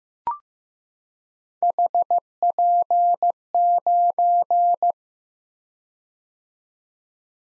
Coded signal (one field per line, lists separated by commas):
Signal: Morse code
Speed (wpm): 15 wpm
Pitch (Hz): 700 Hz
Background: none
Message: HP9